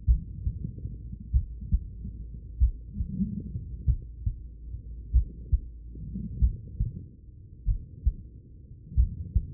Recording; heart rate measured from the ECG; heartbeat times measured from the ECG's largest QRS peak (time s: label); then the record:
heart sounds by stethoscope; 47 bpm
0.05 s: heartbeat
1.31 s: heartbeat
2.58 s: heartbeat
3.85 s: heartbeat
5.11 s: heartbeat
6.39 s: heartbeat
7.64 s: heartbeat
8.94 s: heartbeat
From the record:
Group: heart failure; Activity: rest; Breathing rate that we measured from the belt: 21 breaths a minute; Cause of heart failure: idiopathic cardiomyopathy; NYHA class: 2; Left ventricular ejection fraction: 53%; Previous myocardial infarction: absent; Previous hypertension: present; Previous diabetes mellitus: absent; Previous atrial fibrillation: present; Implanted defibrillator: absent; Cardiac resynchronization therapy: absent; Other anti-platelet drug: absent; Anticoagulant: apixaban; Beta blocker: bisoprolol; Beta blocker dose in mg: 2.5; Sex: female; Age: 67 years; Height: 150 cm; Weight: 81 kg